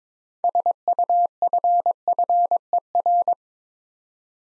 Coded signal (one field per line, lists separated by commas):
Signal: Morse code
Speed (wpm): 23 wpm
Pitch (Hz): 700 Hz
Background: none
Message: SUFFER